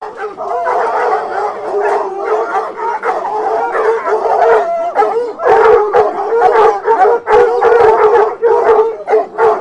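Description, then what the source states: Pack of hounds giving tongue together, a dense chorus of drawn-out howls mixed with sharper barks throughout. Pack of hounds, recorded in 2011.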